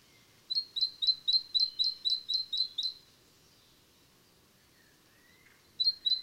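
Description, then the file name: Great tit calling, a run of ten quick high notes, each dipping slightly, about four a second, then a pause and two more notes. "Great-Tit- -Parus-major"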